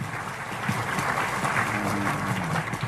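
An audience claps steadily for about three seconds after a speech by the regional military commander (Danrem), a dense, even wash of many hands with no breaks, while faint murmuring voices sit low underneath.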